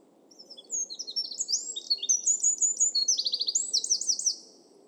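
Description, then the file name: Eurasian wren song, a fast, very high jumble of sharp twittering notes and rapid trills pouring out continuously for about three and a half seconds over a low steady background hum. "Troglodytes troglodytes"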